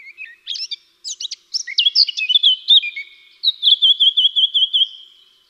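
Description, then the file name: Eurasian blackcap song: a quick scratchy warble that ends in a clear fluty run of several repeated notes. "Sylvia atricapilla"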